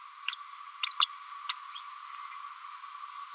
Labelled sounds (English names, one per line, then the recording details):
Green-rumped Parrotlet babbling
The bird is a female
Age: 31 days
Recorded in a nest box in Venezuela
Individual 17B102A5